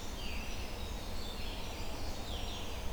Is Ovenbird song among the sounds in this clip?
no